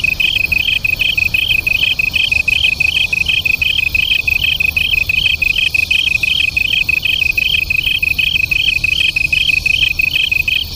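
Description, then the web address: Japanese tree cricket trilling in regular high bursts, around three a second, two tones alternating closely, continuous throughout, faint hiss beneath. Duet. "sikioto insect kantanduet"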